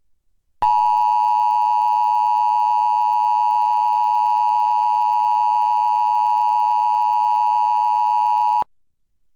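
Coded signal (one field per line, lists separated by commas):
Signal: Emergency Alert System (SAME) tones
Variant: 853 and 960 Hz attention tone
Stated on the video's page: Weekly EAS test relayed by KOPB-DT4 in Portland, received on a digital tuner and recorder.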